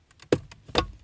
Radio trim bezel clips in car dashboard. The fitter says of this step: Okay, you can hear it popping out.